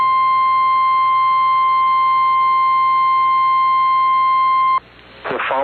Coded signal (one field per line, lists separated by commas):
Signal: Emergency Alert System (SAME) tones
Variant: 853 and 960 Hz attention tone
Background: speech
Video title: Severe Thunderstorm Warning on 790 KGHL-AM & 92.5 KBXI-FM (8/13/22) (EAS #1,464 & 1,465)